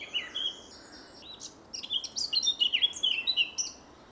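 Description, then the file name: Eurasian blackcap song: a fast, varied warble of high chirping and whistled notes that builds into a dense, jumbled run over a soft background hiss. "Sylvia atricapilla"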